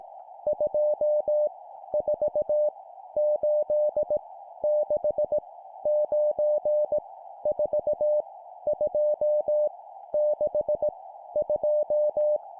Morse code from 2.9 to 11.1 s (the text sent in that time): 8 6 9 4 2 6